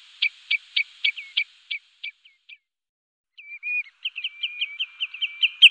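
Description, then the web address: Redshank calling with a row of clipped piping notes, a brief pause, then quicker notes mixed with drawn-out sliding whistles. "Faglar Sound Rodbena"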